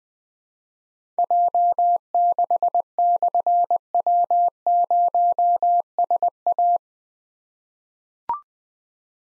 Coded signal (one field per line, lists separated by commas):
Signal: Morse code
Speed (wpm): 20 wpm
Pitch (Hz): 700 Hz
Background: none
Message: J6/W0SA